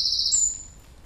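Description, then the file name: Eurasian wren song fragment: the high, fast trill ending, closing with a brief thin whistle before fading out. "Troglodytes troglodytes"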